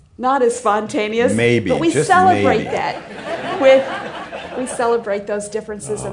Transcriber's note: laughter